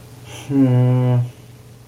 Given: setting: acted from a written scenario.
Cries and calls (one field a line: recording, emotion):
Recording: vocal sound without words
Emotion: sympathy